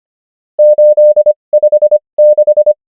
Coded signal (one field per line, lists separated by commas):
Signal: Morse code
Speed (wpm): 25 wpm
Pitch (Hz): 600 Hz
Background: none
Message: 8 5 6